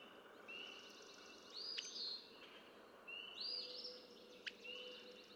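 Red-winged blackbird song, given twice: short introductory notes followed by a buzzy trill, with a couple of sharp clicks and faint background noise.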